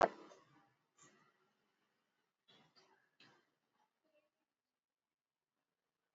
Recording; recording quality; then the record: shallow breathing; moderate, slight background noise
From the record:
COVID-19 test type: RT-PCR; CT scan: not taken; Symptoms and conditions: cough, cold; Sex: male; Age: 26 years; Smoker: yes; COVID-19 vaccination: both doses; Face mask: worn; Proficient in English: yes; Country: India